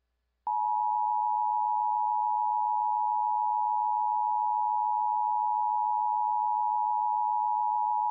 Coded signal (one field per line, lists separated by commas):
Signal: Emergency Alert System (SAME) tones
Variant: 853 and 960 Hz attention tone